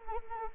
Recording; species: mosquito wingbeat signal from an infrared sensor; Anopheles arabiensis